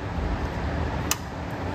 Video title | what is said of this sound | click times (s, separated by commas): PCV Valve Replacement - BMW M54 Engine | there's two clicks that's in it's not coming out | 1.1 s